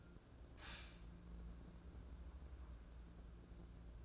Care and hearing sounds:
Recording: daily activity, microphone in the room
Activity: stop toaster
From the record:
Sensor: 2

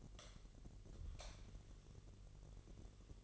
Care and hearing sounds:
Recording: daily activity, microphone in the room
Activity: light off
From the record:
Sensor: 4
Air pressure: 1012.7 hPa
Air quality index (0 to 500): 247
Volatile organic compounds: 4 ppm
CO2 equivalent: 1682 ppm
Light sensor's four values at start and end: 17/44/17/19 and 15/34/14/14

